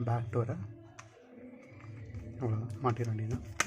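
After a new battery is fitted to a POCO C50 smartphone, the plastic back cover is handled against the phone body while someone talks over music playing underneath. A brief faint tick is heard around 1.0 s. Nothing has seated or clicked yet by the end of the clip.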